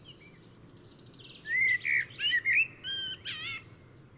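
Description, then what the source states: Eurasian blackbird singing a short phrase of rich fluted whistles, sliding notes followed by higher twittering ends, over a quiet background hiss. Morning song.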